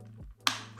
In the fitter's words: užspaudžiam užsifiksuoja